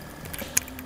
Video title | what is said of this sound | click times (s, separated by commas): Outdoor Shooting For SeaKnight Spinning Reel PUCK | so it just locks in there. | 0.6 s